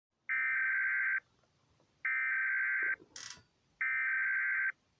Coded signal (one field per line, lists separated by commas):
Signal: Emergency Alert System (SAME) tones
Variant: header bursts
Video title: EAS (ew its mobizen recorder)